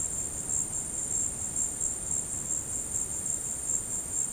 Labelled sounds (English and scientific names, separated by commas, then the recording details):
none
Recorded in dense forest near Puerto Asís, Putumayo, Colombia, on 20 February 2024 at 15:30
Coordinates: 0.486, -76.316
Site G6437